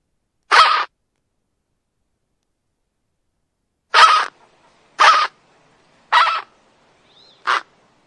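Flamingo calls, short harsh nasal honks, one alone then four more spaced about a second apart after a pause of about three seconds.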